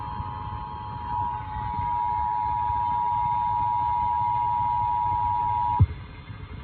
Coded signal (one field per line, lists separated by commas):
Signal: Emergency Alert System (SAME) tones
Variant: 853 and 960 Hz attention tone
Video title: EAS #250 RMT on KDKA Pittsburgh, PA